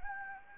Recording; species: mosquito wingbeat signal from an infrared sensor; Anopheles gambiae